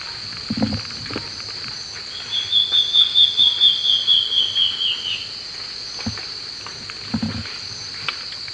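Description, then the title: Black-faced Antbird song, a run of many high whistled notes gradually falling in pitch, over a steady insect drone. Subspecies elegans. "LuckyPassaro Completos2Sama. Black-faced Antbird (Myrmoborus myotherinus elegans)"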